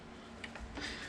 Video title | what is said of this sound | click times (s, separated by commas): Beta RR 125/200 Clutch fix (rattling, not engaging) | which will click in a bit tougher | 0.4 s, 0.6 s